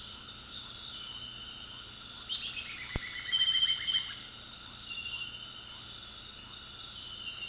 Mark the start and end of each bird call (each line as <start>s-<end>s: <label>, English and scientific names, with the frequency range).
0.00s-0.89s: Undulated Tinamou (Crypturellus undulatus) (0.8-1.9 kHz)
2.24s-4.25s: Straight-billed Woodcreeper (Dendroplex picus) (0.7-4.3 kHz)